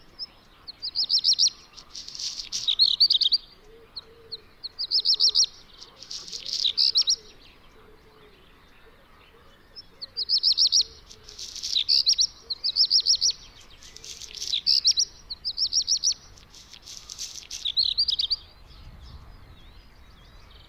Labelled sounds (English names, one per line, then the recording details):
Black Redstart
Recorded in the wild
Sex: male
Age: adult
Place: Peenemuende, Usedom, Mecklenburg-Vorpommern, DE
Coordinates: 54.1525, 13.7776
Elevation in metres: 0
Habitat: grassland
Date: 2014-06-05 01:18
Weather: sunny, 15°C, weak wind
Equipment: Sound Devices 702, Sennheiser MKH 70, Rycote Windschutz
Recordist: Frommolt, Karl-Heinz